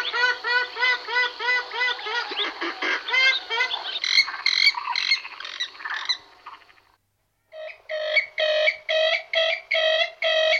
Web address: jadelmo pajaros Calamon comun